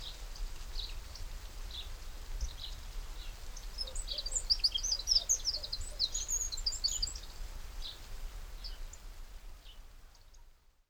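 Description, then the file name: Eurasian wren song, faint scattered high notes swelling into a rapid, shrill trilled burst in the middle, then fading, with background hiss and low rumble. "Troglodytes troglodytes"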